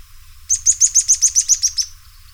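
Bird call, a quick series of about ten sharp, high chirps delivered evenly in just over a second, after a faint thin whistle.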